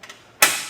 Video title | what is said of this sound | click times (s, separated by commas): etrailer - Fit Test: RockyMounts MonoRail Bike Rack for 2 Bikes on a 2021 Ford Ranger | rack and lift and hear that click | 0.4 s